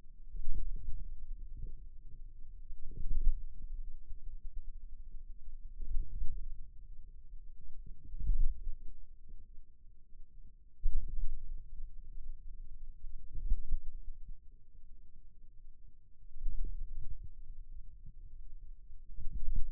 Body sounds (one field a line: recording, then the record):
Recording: forearm muscle sounds (acoustic myography)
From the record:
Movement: hand closing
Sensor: system 2, bracelet of six BSWA MPA416 microphones around the upper forearm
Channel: 1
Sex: male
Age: 22 years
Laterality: right